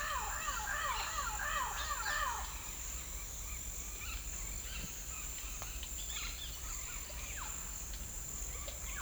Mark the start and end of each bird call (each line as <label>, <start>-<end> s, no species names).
bird call, 0.00-2.43 s
bird call, 4.01-7.43 s
bird call, 8.51-9.01 s